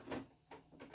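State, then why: Not seated. An ink cartridge is handled at its slot in the printer carriage holder of a Canon TR4520 printer. A broadband scrape and rustle is heard at about 0.1 s, followed by softer bursts of handling noise near 0.5 s and 0.8 s. The cartridge has not seated or clicked yet.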